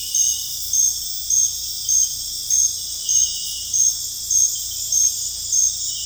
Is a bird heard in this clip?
no